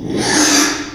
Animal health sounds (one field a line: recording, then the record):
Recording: squeal of a Yucatan mini pig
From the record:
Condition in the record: after surgery on the right vocal fold (resection and tissue-engineered implant)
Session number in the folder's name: 3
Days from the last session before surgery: 33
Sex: male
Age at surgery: 12 weeks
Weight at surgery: 13 kg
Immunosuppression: cyclosporine, prednisolone